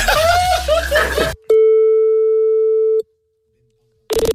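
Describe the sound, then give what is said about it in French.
Voices and laughter cut off abruptly as a phone call is hung up, then a loud, steady mid-pitched phone busy tone holds for about a second and a half before dropping to silence, with a brief burst of noise at the end. “Tu l'as raccroché!”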